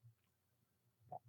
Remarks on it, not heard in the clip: Don’t eat too much sugar free candy. Maybe this is just gas. Churn, gurgle, gurgle. Like, you'll literally be able to hear my stomach if you listen closely. You can hear it in the background.